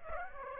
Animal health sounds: mosquito wingbeat signal from an infrared sensor; Aedes aegypti

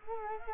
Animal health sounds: mosquito wingbeat signal from an infrared sensor; Culex quinquefasciatus

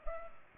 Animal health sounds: mosquito wingbeat signal from an infrared sensor; Culex pipiens

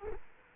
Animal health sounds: mosquito wingbeat signal from an infrared sensor; Culex quinquefasciatus

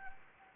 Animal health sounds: mosquito wingbeat signal from an infrared sensor; Anopheles gambiae

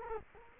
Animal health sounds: mosquito wingbeat signal from an infrared sensor; Culex quinquefasciatus

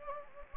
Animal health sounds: mosquito wingbeat signal from an infrared sensor; Anopheles gambiae

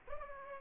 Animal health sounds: mosquito wingbeat signal from an infrared sensor; Aedes aegypti

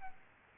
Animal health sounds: mosquito wingbeat signal from an infrared sensor; Aedes albopictus

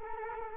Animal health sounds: mosquito wingbeat signal from an infrared sensor; Culex quinquefasciatus

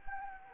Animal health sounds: mosquito wingbeat signal from an infrared sensor; Anopheles gambiae

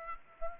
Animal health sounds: mosquito wingbeat signal from an infrared sensor; Aedes aegypti

